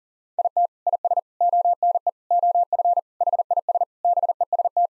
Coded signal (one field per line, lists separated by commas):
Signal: Morse code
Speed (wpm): 40 wpm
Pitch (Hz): 700 Hz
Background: none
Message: IT IS ONE OF HIS BEST